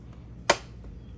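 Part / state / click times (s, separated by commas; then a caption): lid latching onto a countertop vacuum sealer base / seated / 0.5 s. The plastic lid of a PowerXL Duo NutriSealer countertop vacuum sealer is pressed down over a plastic bag lined up under the vacuum ledge. It snaps shut with one sharp, bright click at 0.5 s, latching onto the base. A faint soft thud follows at about 0.9 s over quiet room hum.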